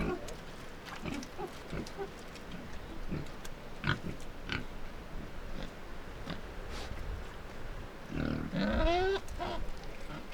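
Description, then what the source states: Pig grunting irregularly, then a drawn-out, wavering squeal near the end. Two pigs grunting and squealing by the river at Iruya, Northwest Argentina.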